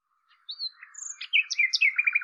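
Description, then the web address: Common nightingale song: a quick run of varied whistles and slurred notes, rising and falling, ending in fast repeated chunky notes. "cianscape birddata Deverinetal 2025"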